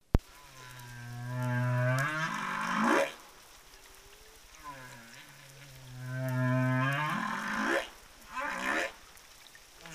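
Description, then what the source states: Humpback whale song: two deep, drawn-out moaning units, each ending in a brief rising sweep, followed by a short upsweep. Humpback whales of the southern Indian Ocean, found by a study to be singing different song tunes.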